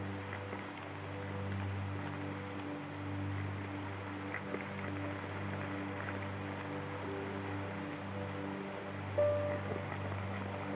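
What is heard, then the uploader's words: A steady, low atmospheric drone with sustained tones and scattered soft crackle ticks, plus a brief brighter note and bump near nine seconds. Peaceful Soundscape with Vinyl Crackle Sounds. An atmospheric soundscape with 3 repeating piano loops. The sound of a crackling record player.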